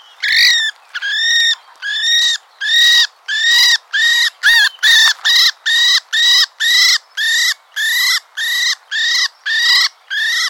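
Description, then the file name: Common blackbird repeating about twenty harsh nasal notes in a steady series, with a few soft clicks. "Turdus merula"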